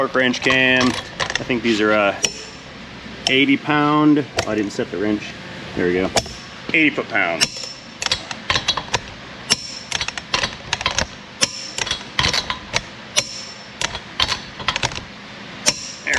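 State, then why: Torque reached. Someone talks while a click-type torque wrench set to 80 ft-lb tightens the wheel lug nuts on a 2013 Toyota Corolla, with ratcheting sounds between turns. Sharp clicks at 9.5, 11.4, 12.2, 13.2, 14.2 and 15.7 seconds mark the wrench breaking at its setting, confirming each nut reached torque.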